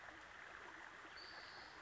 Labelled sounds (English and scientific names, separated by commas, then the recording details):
Spotted Towhee (Pipilo maculatus)
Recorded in Sonoma County, California